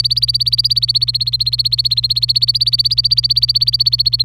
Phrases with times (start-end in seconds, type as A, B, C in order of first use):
0.00-4.25 A